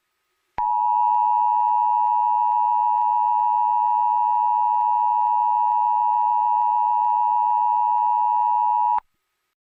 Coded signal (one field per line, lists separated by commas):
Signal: Emergency Alert System (SAME) tones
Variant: 853 and 960 Hz attention tone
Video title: EAS Scenario #4x01: Herobrine